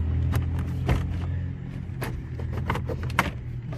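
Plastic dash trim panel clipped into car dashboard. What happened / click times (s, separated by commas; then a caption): The plastic trim clip popped free / 3.2 s. Plastic dash trim around a car stereo, snapped into the car dashboard, is worked loose by hand over a low hum and a series of small plastic clicks and creaks. Its snap clips pop free with a sharp, loud crack at 3.2 s, and the trim panel comes loose.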